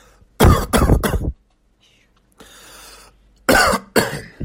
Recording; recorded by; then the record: voluntary cough; messaging app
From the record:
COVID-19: negative